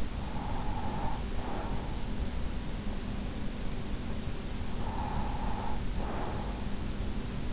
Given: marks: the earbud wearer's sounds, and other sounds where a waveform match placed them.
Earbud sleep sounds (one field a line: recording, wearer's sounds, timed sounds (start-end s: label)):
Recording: sounds in sleep by an in-ear microphone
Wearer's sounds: breath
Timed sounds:
0.00-2.16 s: breath
4.59-6.91 s: breath